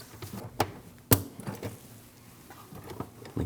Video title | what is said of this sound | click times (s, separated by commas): How to Replace Windshield Washer Reservoir 2013-2019 Ford Escape | Make sure they're both clipped in. | 0.6 s, 1.1 s